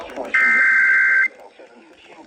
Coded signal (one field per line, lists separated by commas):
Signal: Emergency Alert System (SAME) tones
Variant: header bursts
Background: speech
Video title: Tornado warning EAS 86 on FM and noaa weather radios.